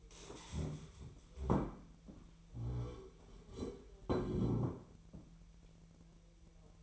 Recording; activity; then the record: daily activity, microphone in the room; stand up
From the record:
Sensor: 1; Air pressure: 1001.8 hPa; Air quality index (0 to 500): 247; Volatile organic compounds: 119 ppm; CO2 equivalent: 3870 ppm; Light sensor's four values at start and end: 12/29/12/14 and 12/29/12/14